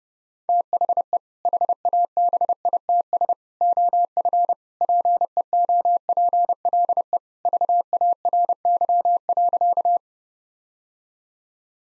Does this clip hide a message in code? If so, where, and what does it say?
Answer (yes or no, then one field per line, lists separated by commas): yes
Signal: Morse code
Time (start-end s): 0.5-10.0 s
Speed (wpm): 32 wpm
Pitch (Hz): 700 Hz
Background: none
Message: THE HABITS OF PEOPLE VARY.